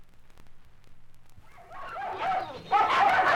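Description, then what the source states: Dog: puppies yelping: quiet at first, then a growing burst of high, overlapping cries that becomes loud toward the end. Puppies in a pet shop.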